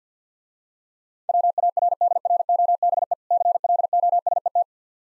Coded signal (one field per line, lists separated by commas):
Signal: Morse code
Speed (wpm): 51 wpm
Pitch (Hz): 700 Hz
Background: none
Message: WARDROBE CLOSET